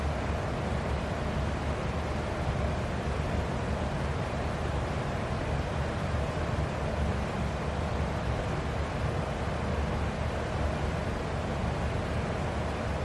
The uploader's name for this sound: Fan White Noise